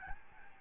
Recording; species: mosquito wingbeat signal from an infrared sensor; Aedes albopictus